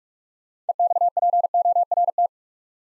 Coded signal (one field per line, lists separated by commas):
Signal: Morse code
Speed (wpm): 44 wpm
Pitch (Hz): 700 Hz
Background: none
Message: EXPORT